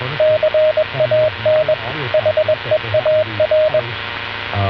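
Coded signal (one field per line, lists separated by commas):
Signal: Morse code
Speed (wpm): 21 wpm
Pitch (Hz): 620 Hz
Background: radio noise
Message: CAN HEAR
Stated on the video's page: Experimental AM-modulated CW on the VLF band at 10 kHz, received with the QUISK SDR app.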